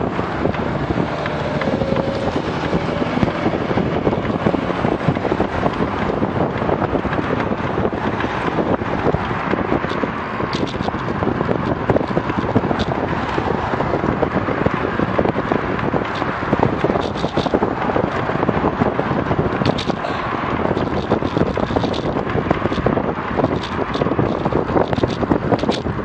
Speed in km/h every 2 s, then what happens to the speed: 23, 26, 28, 29, 28, 29, 29, 30, 30, 31, 31, 30, 29.
0-5 speeds up to 29. 5-26 steady at about 29.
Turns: none.